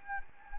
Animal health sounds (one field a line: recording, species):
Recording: mosquito wingbeat signal from an infrared sensor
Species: Anopheles gambiae